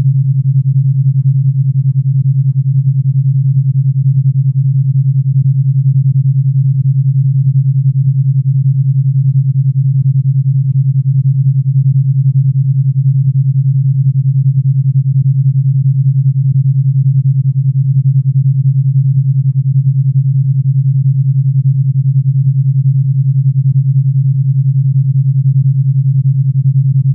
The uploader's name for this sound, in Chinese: 纯阿尔法脑波10Hz丨α频率